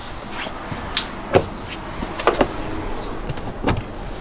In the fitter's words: You heard the clicking? It's coming off,